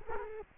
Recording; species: mosquito wingbeat signal from an infrared sensor; Culex quinquefasciatus